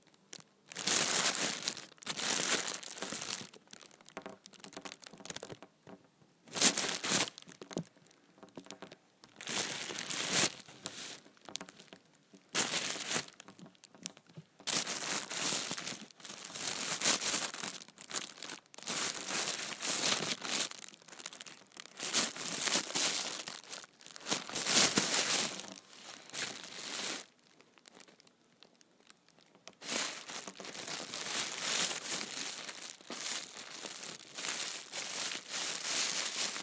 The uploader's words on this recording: ASMR Empty Trash Bag.